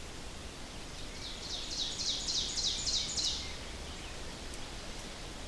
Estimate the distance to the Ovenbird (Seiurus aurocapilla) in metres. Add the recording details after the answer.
about 45 m. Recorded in boreal forest in Alberta, Canada, on 4 June 2016 at 07:24. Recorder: SongMeter 3, array SBT-3-51. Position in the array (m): 268 m, 118 m. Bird 28